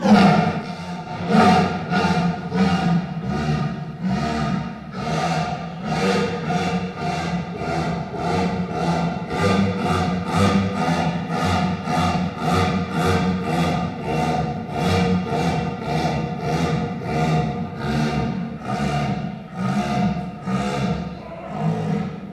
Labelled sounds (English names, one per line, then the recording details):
Jaguar
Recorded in captivity
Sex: male
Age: adult
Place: Tierpark Berlin, Berlin, DE
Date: 1974-09-28 10:08
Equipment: Uher 4200 Report Stereo, Sennheiser MD 421, Verstärker
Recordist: Tembrock, Günter